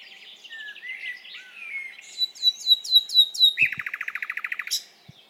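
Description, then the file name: Common nightingale song: soft whistled notes, a series of ringing chirps, then a rapid rattling trill. "Luscinia megarhynchos"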